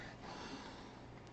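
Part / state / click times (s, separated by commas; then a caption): magnet in a miniature's foot meeting the magnet in its display base / not seated / none. A plastic miniature knight with a magnet in its foot is handled near the magnet in its display base over 1.4 seconds of steady, low-level broadband noise with no distinct sounds. The foot has not yet snapped onto the base, and nothing has seated or clicked yet.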